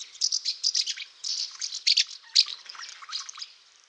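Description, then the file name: Common house martin twittering: dense, high, scratchy chirps in rapid bursts throughout, some notes briefly louder, fading toward the end. "OKNOWKA"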